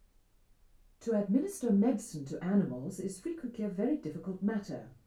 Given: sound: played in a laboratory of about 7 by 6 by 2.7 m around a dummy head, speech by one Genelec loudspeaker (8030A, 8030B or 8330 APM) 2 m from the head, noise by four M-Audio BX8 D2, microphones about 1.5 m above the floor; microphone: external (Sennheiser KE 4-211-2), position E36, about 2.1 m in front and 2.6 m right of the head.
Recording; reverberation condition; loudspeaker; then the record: female speech in English; low; 60 degrees to the right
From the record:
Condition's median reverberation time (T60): about 310 ms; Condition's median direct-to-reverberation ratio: about 3.5 dB